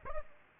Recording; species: mosquito wingbeat signal from an infrared sensor; Aedes aegypti